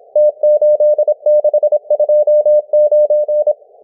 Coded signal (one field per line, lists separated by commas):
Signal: Morse code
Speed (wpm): 26 wpm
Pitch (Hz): 600 Hz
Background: none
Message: T8629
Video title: M12 Morse Code Numbers 01/02/2024 1420 UTC 17473kHz